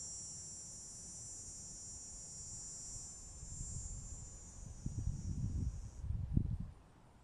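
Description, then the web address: Cicada song, a steady high buzzing drone that stops abruptly near the end, over low rumbling wind noise that grows louder in gusts. Recorded 9 August 2020 at 09:58 in the morning. "googoo 2. 20200809 095817 cicada"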